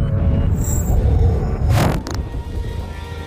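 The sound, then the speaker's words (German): Deep, rolling thunder after a long flash of lightning rumbles steadily throughout, broken by a sharp, bright crack partway through, after which the low rumble carries on slightly quieter. No voices. “Ein langer Blitz durchteilt den Himmel.”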